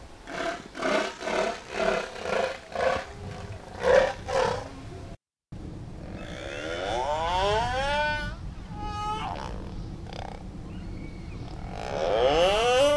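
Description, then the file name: Humpback whale song: a rhythmic series of pulsed grunts, then upswept harmonic squeals repeated a few times over a low rumble. Song on an Antarctic feeding ground during foraging behaviour. "Humpback Whale Song and Foraging Behavior on an Antarctic Feeding Ground"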